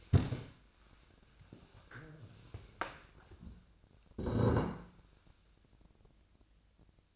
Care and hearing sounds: daily activity, microphone in the room; stand up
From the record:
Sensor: 2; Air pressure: 1000.3 hPa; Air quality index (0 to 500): 159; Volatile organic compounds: 3 ppm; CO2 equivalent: 1331 ppm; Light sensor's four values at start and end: 9/20/9/9 and 9/19/9/9

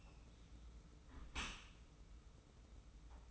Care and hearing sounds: daily activity, microphone in the room; close dishwasher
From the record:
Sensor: 1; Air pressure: 991.3 hPa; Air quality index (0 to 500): 124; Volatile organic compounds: 264 ppm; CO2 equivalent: 4396 ppm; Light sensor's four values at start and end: 42/129/51/53 and 42/128/51/53

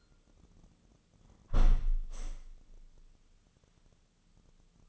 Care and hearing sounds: daily activity, microphone in the room; close window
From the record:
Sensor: 4

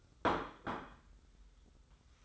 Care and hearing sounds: daily activity, microphone in the room; place plate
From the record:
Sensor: 3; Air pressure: 990.8 hPa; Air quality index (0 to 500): 147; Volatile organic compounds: 417 ppm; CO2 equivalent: 4699 ppm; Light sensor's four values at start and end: 40/96/39/36 and 40/96/39/36

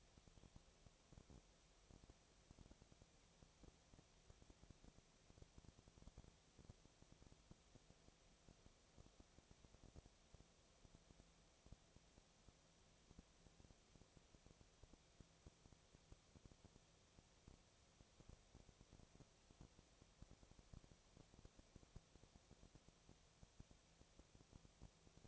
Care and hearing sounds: daily activity, microphone in the room; no activity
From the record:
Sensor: 1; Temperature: 19.6 degrees Celsius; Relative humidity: 36.5%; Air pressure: 997.1 hPa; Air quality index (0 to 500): 204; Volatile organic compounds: 129 ppm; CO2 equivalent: 3923 ppm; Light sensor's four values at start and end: 1/2/1/1 and 1/2/1/1

